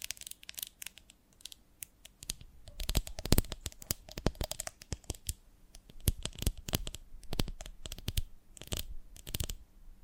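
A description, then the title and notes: Honeycomb on a branch being handled, with dense bursts of sharp crackling, scratching and tearing clicks that come in irregular clusters. The busiest stretches fall around three to five seconds and again from six to nine seconds, with a faint low hum underneath. ASMR of a Honeycomb on Branch (No Talking).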